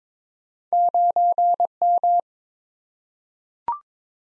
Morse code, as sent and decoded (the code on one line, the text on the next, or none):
----. --
9M